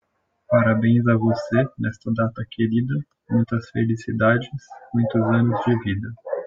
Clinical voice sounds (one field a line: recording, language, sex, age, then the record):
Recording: short text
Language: Brazilian Portuguese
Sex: male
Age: 20 to 29 years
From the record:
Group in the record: control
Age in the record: 24 years